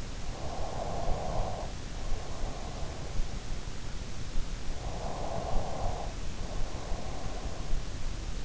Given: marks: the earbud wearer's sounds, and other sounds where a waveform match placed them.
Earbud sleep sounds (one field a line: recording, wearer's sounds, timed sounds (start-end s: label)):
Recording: sounds in sleep by an in-ear microphone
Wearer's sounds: breath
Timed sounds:
0.00-3.42 s: breath
4.42-7.90 s: breath